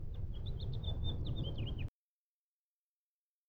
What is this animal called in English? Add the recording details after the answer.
House Finch. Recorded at Hewlett Harbor on Long Island, New York, on 10 June 1975. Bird E